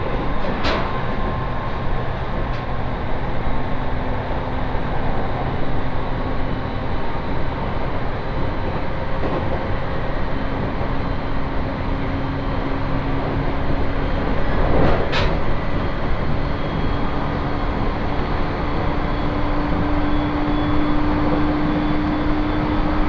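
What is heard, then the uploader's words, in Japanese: A train on the Tohoku Main Line rumbles steadily along, with sharp clicks near one and fifteen seconds and faint tonal hums shifting throughout. 東北本線下り 北上→盛岡。701系4両編成。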